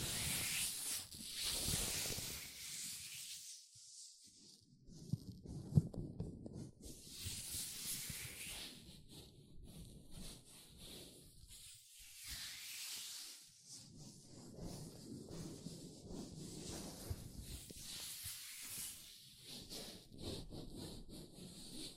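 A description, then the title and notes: Latex gloves rubbing and rustling against hands, with alternating bursts of bright, hissy friction and softer low squeaking drags. The motions come in uneven waves every few seconds, with a sharp snap near the six-second mark. ASMR Latex Gloves Hand Sounds (No Talking).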